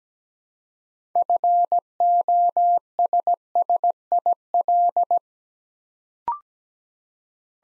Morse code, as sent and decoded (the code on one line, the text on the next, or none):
..-. --- ... ... .. .-..
FOSSIL